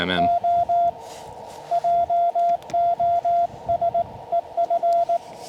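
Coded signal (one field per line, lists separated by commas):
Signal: Morse code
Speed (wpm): 18 wpm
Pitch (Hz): 690 Hz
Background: speech, radio noise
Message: O JOSEF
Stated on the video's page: Summit activation from a mountain in a national forest, mostly on VHF.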